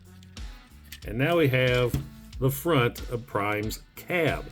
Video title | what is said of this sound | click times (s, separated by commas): Best Mainline Optimus Ever? Transformers Studio Series 86 Optimus Prime | squeeze it together it'll snap into place | 0.4 s